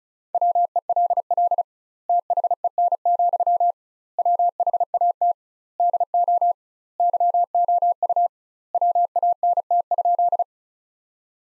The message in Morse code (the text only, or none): WELL THEN, WHAT DO YOU WANT?